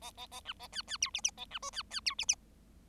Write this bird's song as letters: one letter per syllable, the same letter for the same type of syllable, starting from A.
A A A B A C C D E E A B F C C D E E